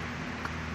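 Turning the knob on the magnetic base of a dial indicator stand switches the magnet on, locking the base onto the steel lathe bed or carriage. A short, faint snap at 0.4 s stands out over a steady low hum, and the base is locked in place.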